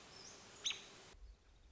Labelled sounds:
American Robin
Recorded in Sonoma County, California

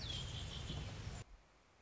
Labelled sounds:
Red-winged Blackbird
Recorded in Sonoma County, California

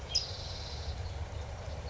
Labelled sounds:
California Towhee
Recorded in Sonoma County, California

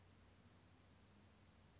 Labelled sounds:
California Towhee
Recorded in Sonoma County, California

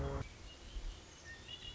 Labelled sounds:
Red-winged Blackbird
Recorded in Sonoma County, California

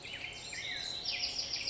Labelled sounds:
Black-headed Grosbeak
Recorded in Sonoma County, California

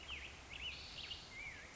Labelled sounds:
Black-headed Grosbeak
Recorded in Sonoma County, California

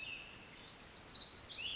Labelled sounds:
Pacific Wren
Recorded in Sonoma County, California

